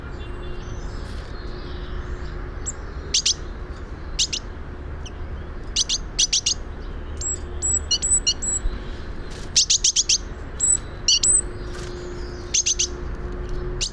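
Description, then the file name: Great tit calls: sharp, high clicking chips in quick bursts mixed with short, thin whistled notes, scattered throughout over a steady low background hum. "Parus major"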